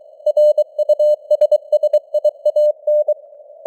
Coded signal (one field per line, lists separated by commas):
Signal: Morse code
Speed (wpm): 23 wpm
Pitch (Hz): 600 Hz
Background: none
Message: RUSSIAN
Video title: Morse Code News | 2025-09-27 | 23wpm